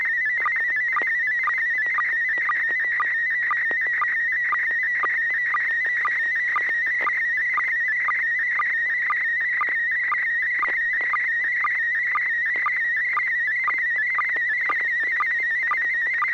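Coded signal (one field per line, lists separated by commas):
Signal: SSTV (slow-scan television)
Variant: PD120 mode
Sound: continuous warbling tone around 2 kHz with short low chirps twice a second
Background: low hum, FM radio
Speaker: okay this will be pd 120 n6pq so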